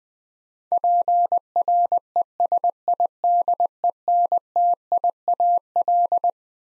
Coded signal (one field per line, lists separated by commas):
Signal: Morse code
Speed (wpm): 20 wpm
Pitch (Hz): 700 Hz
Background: none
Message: PRESIDENTIAL